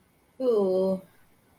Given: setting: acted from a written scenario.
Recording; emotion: vocal sound without words; shame